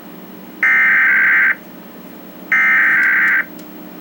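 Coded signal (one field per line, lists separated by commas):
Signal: Emergency Alert System (SAME) tones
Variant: header bursts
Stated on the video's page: Required Monthly Test for Maine, received on a TV.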